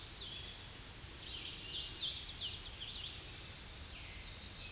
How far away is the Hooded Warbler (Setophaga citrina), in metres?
about 50 m